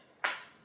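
A plastic baby carrier waist buckle is fastened again into its mating clasp, giving a single sharp click at 0.3 s that rings briefly before fading to quiet. The buckle seats shut, so the baby is fully secure.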